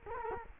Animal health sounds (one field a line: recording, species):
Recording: mosquito wingbeat signal from an infrared sensor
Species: Culex quinquefasciatus